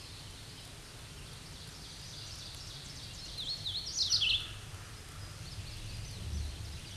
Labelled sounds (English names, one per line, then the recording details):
Hooded Warbler song
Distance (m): 40 m
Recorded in a Pennsylvania forest on 18 May 2023 at 09:24
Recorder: AudioMoth, point grid1_30_low
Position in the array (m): 183 m, 112 m